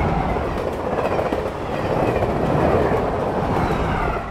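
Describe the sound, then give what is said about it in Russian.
A train thunders past the window of a railway carriage in a steady, loud rumble, dense low-frequency roar with rattling wheel clatter and a hiss of rushing air, sustained throughout with no voices. “Канди пришла в себя от грохота пролетающего мимо окна их вагона поезда”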